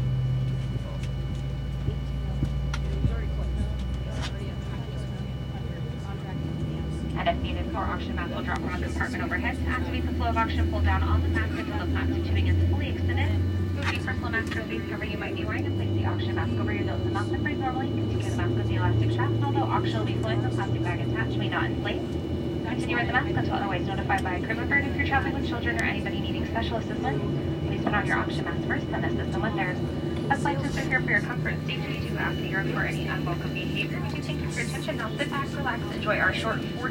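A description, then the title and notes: Inside an airliner taxiing toward the runway, a steady low engine drone fills the cabin, with a deeper rumble easing after the first few seconds. From about seven seconds on, passengers talk almost continuously over the hum, with faint tonal whines and clicks in the background. It’s a bit too loud to record properly from my phone during takeoff and in the air, so I removed those bits. From the departure gate at Sky Harbor International Airport until I get seated on the plane and we are taxi’ing to the runway.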